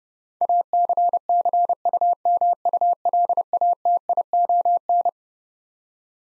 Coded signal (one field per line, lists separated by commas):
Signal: Morse code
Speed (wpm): 30 wpm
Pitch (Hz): 700 Hz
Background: none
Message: ACCUMULATION